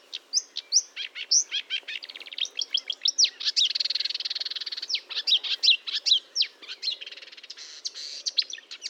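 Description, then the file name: Marsh warbler song, a continuous hurried chatter of sharp chirps, buzzy trills and slurred whistles, varied throughout with no real pause. Recorded 1 June 2022 at 10:55, Fontaine-Française (Fourneau), France; Nagra recorder with Telinga. "Rousserolle verderolle 1055 Fontaine-Francaise-Fourneau"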